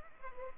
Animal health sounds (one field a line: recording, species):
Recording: mosquito wingbeat signal from an infrared sensor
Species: Culex pipiens